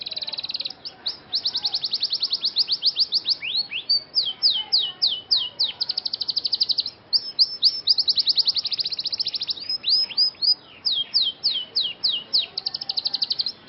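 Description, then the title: Scotch Fancy canary song, a continuous stream of high trills and swooping notes, barely pausing through the whole stretch. Scotch Fancy canary song with cengkok (ornamented song variations), singing vigorously (gacor). "Cengkok Kenari Mewah. KENARI SCOTCH FANCY GACOR CENGKOK MEWAH"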